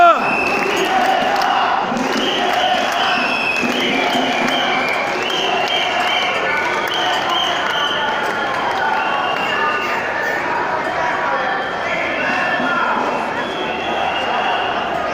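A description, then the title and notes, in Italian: An unauthorized march moves along amid a dense, steady murmur of many voices talking at once, with occasional sharp taps and knocks. Corteo non Autorizzato marcia verso la Gran-Madre.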